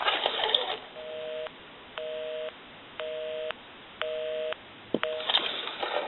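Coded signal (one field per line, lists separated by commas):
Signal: telephone call progress tone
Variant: North America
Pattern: busy tone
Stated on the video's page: Heard on a Western Electric Stowaway box telephone during initial checkout after repair and conversion.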